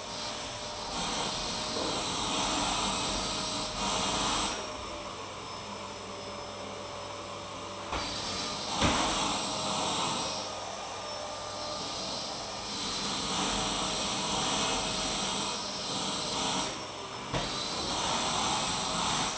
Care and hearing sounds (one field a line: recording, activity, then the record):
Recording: daily activity, microphone in the room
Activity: vacuum cleaning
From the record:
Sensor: 1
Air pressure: 1010.2 hPa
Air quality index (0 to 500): 173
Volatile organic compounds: 13 ppm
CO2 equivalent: 2381 ppm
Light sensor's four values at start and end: 49/127/53/66 and 51/132/54/68